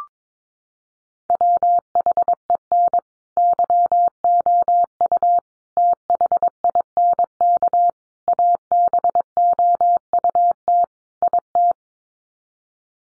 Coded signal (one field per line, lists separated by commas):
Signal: Morse code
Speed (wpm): 22 wpm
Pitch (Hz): 700 Hz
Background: none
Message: WHEN YOU THINK ABOUT IT